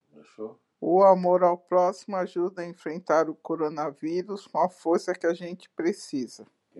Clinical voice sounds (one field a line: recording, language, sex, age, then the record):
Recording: spoken sentence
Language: Brazilian Portuguese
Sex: female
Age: 60 to 69 years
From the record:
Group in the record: control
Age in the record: 62 years